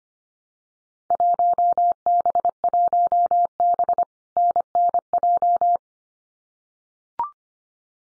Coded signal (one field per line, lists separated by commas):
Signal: Morse code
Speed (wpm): 25 wpm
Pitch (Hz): 700 Hz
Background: none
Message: 1B1B NNJ